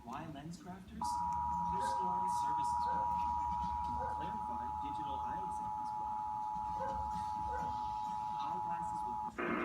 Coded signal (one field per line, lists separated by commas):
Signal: Emergency Alert System (SAME) tones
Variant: 853 and 960 Hz attention tone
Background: speech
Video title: National EAS Test - 7 August 2019